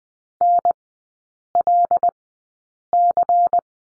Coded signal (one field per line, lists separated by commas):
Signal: Morse code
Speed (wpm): 20 wpm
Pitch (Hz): 700 Hz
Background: none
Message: NLC